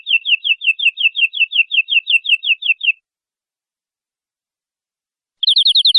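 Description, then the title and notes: Canary song: a fast run of identical chirped syllables repeated for about three seconds, a pause, then a second, higher rapid trill starting near the end. Long-duration canary song, used as a tutor for training birds. "Kicauan Kenari Durasi Panjang. Masteran Burung Lengkap"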